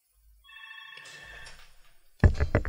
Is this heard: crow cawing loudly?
no